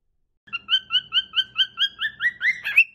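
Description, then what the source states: Cockatiel giving a rapid run of many bright chirps, rising in pitch toward the end. Several cockatiels singing, a whistled song.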